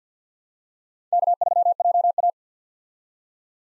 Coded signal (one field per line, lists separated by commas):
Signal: Morse code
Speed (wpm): 50 wpm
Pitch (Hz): 700 Hz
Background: none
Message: K3JA